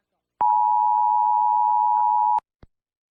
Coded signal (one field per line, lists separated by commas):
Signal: Emergency Alert System (SAME) tones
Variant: 853 and 960 Hz attention tone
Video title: WTER NEWS REPORT 12 + EAS